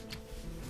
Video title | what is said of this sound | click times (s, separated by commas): Bandai PG Unicorn Part 5 - Torso Assembly | I missed a step. Oh, there it goes, snaps in place. | 0.1 s